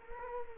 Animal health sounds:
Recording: mosquito wingbeat signal from an infrared sensor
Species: Culex quinquefasciatus

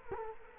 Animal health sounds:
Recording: mosquito wingbeat signal from an infrared sensor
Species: Culex quinquefasciatus

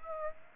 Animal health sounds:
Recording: mosquito wingbeat signal from an infrared sensor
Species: Aedes aegypti

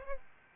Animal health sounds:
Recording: mosquito wingbeat signal from an infrared sensor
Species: Aedes albopictus

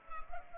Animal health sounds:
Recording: mosquito wingbeat signal from an infrared sensor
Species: Culex pipiens

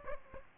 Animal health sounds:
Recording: mosquito wingbeat signal from an infrared sensor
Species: Aedes aegypti

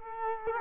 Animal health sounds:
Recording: mosquito wingbeat signal from an infrared sensor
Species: Culex quinquefasciatus

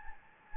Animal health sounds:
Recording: mosquito wingbeat signal from an infrared sensor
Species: Anopheles gambiae

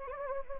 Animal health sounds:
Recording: mosquito wingbeat signal from an infrared sensor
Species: Anopheles gambiae

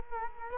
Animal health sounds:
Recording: mosquito wingbeat signal from an infrared sensor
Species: Culex quinquefasciatus

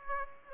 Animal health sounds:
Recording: mosquito wingbeat signal from an infrared sensor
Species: Aedes aegypti

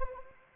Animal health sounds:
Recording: mosquito wingbeat signal from an infrared sensor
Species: Anopheles arabiensis

